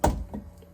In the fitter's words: and it clicks into place and it's just like locked in